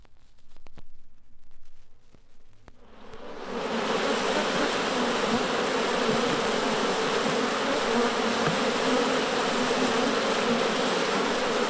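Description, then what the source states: Honey bees: a few soft clicks and faint buzzing, then a loud, dense swarm hum swells in after about four seconds and stays steady. Angry bees at a beehive.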